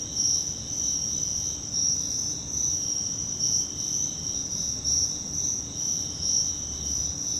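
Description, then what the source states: Cricket chorus, a high, shimmering continuous trill with rhythmic swells in loudness, above a faint low rumble. Crickets, more than one, in Virginia.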